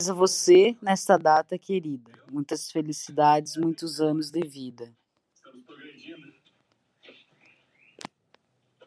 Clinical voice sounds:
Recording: short text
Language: Brazilian Portuguese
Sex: female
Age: 30 to 39 years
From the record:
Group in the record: control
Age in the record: 36 years

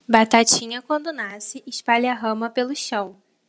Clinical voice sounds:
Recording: short text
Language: Brazilian Portuguese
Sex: female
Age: 18 to 19 years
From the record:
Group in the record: control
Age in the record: 18 years

